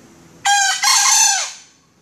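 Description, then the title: Junglefowl with a single harsh call, two joined parts, the second longer and dipping lower at the close, little else audible. Female; call described as melodious. "Suara Ayam Hutan Betina. Suara ayam hutan merdu"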